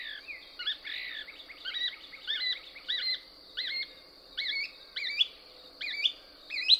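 Couch's Kingbird song: high twittering notes in quick bursts that become more spaced and louder toward the end.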